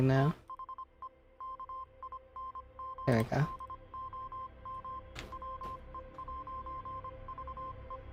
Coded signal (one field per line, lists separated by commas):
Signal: Morse code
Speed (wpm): 25 wpm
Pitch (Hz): 1050 Hz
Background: speech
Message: THE KINGDOM WE'VE